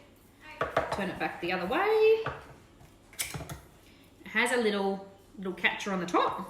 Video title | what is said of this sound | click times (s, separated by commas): Part 1 - Chocolate fudge | then when it gets right around you'll hear a little click | 0.6 s